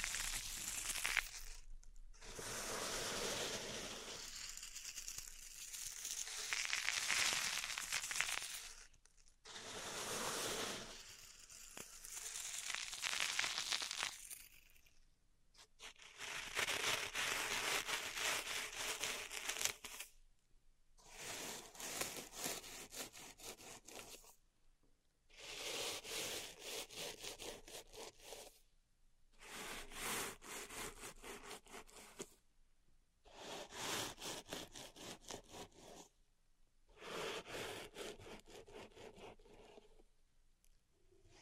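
Pink salt being raked and rubbed in a zen garden, gritty scraping strokes in bursts of a few seconds, separated by brief silent pauses.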